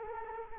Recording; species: mosquito wingbeat signal from an infrared sensor; Culex quinquefasciatus